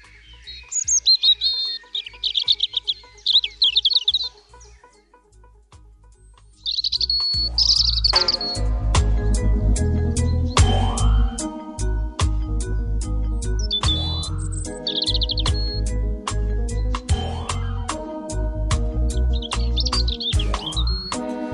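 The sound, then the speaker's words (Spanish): A European robin sings alone in thin, high, tumbling warbled phrases with brief pauses, then loud rhythmic music with deep bass enters and continues beneath more high chirps. “el petirrojo también habita con nosotros y nos rodea si prestamos un poco de atención, si nuestra mirada va más allá del suelo y de los escaparates, podremos encontrar el sutil desparpajo del petirrojo.”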